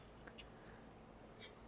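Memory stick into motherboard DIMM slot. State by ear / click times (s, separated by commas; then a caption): not seated / none. Memory sticks are pushed into motherboard DIMM slots, and nothing has seated or clicked yet: no click is heard. Only faint, brief taps near 0.3, 0.4 and 1.4 seconds rise over a low background noise.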